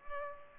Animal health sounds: mosquito wingbeat signal from an infrared sensor; Culex pipiens

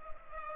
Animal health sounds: mosquito wingbeat signal from an infrared sensor; Culex pipiens

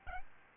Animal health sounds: mosquito wingbeat signal from an infrared sensor; Aedes albopictus

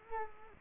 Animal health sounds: mosquito wingbeat signal from an infrared sensor; Culex quinquefasciatus

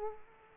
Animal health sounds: mosquito wingbeat signal from an infrared sensor; Aedes aegypti

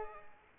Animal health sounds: mosquito wingbeat signal from an infrared sensor; Culex pipiens

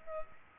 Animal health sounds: mosquito wingbeat signal from an infrared sensor; Culex pipiens

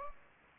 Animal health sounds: mosquito wingbeat signal from an infrared sensor; Anopheles gambiae

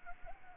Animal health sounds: mosquito wingbeat signal from an infrared sensor; Anopheles gambiae

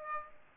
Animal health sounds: mosquito wingbeat signal from an infrared sensor; Aedes aegypti

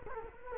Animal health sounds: mosquito wingbeat signal from an infrared sensor; Culex quinquefasciatus

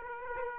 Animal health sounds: mosquito wingbeat signal from an infrared sensor; Aedes aegypti

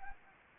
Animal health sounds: mosquito wingbeat signal from an infrared sensor; Anopheles gambiae

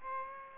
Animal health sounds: mosquito wingbeat signal from an infrared sensor; Aedes aegypti

